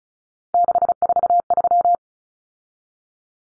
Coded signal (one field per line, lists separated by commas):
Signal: Morse code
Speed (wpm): 34 wpm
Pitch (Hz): 700 Hz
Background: none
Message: 643